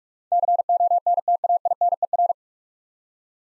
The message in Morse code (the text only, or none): CONTAINER